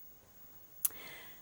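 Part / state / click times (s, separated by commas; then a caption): cutting head cover into its locked position on the cutter carriage / seated / 0.9 s. The cutting head cover of an eCraft machine is closed and given a gentle push into its locked position on the cutter carriage. A single sharp plastic click sounds at 0.9 s, showing the head has locked shut. No one talks.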